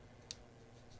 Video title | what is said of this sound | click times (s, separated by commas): Samsung Galaxy S24 Case - Torras Guardian MagSafe Review | kind of gives you a little click that way you know it's pushed through it | 0.3 s